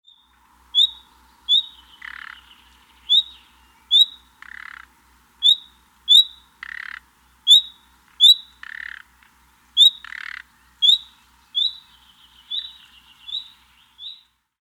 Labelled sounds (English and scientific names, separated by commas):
Thrush Nightingale (Luscinia luscinia)